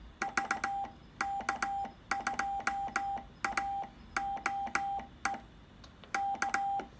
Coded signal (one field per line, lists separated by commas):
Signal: Morse code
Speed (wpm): 18 wpm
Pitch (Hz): 790 Hz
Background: none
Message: VK2AOE K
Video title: Giant portable HF Whip Antenna @TheArtofEngineering